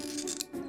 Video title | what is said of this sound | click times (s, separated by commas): 30,101KM Fuel Filter Change Honda Click 125i V2 / Step By Step! & Safety Tips Na Dapat Mong Tandaan! | Yon. So dalawa dapat sila. Naka-lock na kung makikita niyo diyan. | 0.4 s